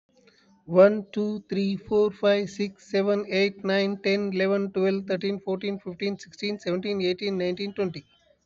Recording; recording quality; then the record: counting at a fast pace; excellent, no background noise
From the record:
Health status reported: healthy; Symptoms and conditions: none ticked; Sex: male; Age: 39 years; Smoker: not ticked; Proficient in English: yes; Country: India